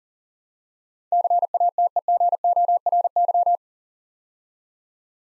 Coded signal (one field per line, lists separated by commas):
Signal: Morse code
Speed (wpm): 42 wpm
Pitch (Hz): 700 Hz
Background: none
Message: CATEGORY